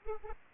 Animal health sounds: mosquito wingbeat signal from an infrared sensor; Anopheles arabiensis

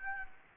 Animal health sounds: mosquito wingbeat signal from an infrared sensor; Aedes aegypti

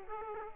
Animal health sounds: mosquito wingbeat signal from an infrared sensor; Aedes aegypti

